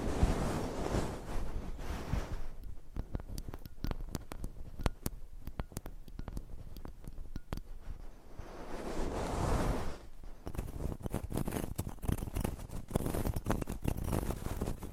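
Nails scratch across mic covers in a dense, crackling texture full of sharp clicks and ticks. Softer, rustling scraping fills the stretches around 0–2 and 9–11 seconds, while the middle and end bring sparser, snappier taps layered over a low rumble.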